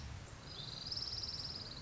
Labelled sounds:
Orange-crowned Warbler (Leiothlypis celata)
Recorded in Sonoma County, California

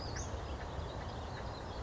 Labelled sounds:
Western Flycatcher (Empidonax difficilis)
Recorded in Sonoma County, California

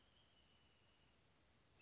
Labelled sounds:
Wrentit (Chamaea fasciata)
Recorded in Sonoma County, California

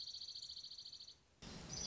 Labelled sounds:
Dark-eyed Junco (Junco hyemalis)
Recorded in Sonoma County, California

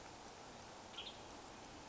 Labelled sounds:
Western Tanager (Piranga ludoviciana)
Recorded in Sonoma County, California

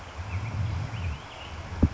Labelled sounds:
Hutton's Vireo (Vireo huttoni)
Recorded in Sonoma County, California

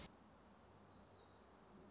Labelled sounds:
Black-throated Gray Warbler (Setophaga nigrescens)
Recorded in Sonoma County, California

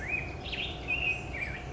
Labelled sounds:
Black-headed Grosbeak (Pheucticus melanocephalus)
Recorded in Sonoma County, California

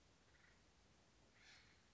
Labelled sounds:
Acorn Woodpecker (Melanerpes formicivorus)
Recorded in Sonoma County, California

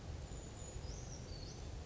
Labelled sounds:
Brown Creeper (Certhia americana)
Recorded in Sonoma County, California

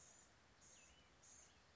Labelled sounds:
Blue-gray Gnatcatcher (Polioptila caerulea)
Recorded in Sonoma County, California

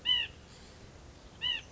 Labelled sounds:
White-breasted Nuthatch (Sitta carolinensis)
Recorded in Sonoma County, California

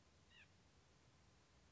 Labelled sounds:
White-breasted Nuthatch (Sitta carolinensis)
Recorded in Sonoma County, California

